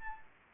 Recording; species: mosquito wingbeat signal from an infrared sensor; Anopheles gambiae